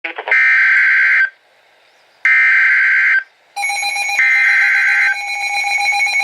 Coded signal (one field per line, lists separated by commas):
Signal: Emergency Alert System (SAME) tones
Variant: header bursts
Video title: Tornado Warning #6 (FOR MY COUNTY!) (EAS #200)